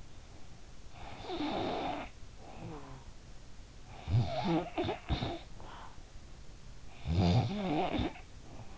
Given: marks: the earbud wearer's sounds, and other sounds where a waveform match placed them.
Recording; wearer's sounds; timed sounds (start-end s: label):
sounds in sleep by an in-ear microphone; snoring breath
0.68-3.45 s: snoring breath
3.65-6.31 s: snoring breath
6.71-8.78 s: snoring breath